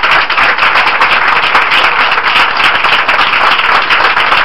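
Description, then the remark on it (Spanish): A church audience applauds God rapidly, many hands clapping in a dense, steady crackle that stays loud and even throughout, with no voices standing out. “Mira, si aplaudir a Dios, apláudelo bien, apláudelo rápido.”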